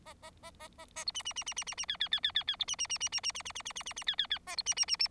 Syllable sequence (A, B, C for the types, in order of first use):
A A A A A A B C C C C C C C D D D D D D B C C C C C C C C C C C C C D D D A B C C C C